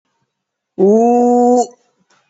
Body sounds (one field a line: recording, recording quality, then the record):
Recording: sustained vowel as in boot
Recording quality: excellent, no background noise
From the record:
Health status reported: COVID-19 positive, mild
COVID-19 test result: positive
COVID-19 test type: RT-PCR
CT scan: not taken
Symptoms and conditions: cough, fatigue, hypertension, diabetes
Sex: female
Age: 78 years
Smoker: no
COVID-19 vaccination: one dose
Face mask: worn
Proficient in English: yes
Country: India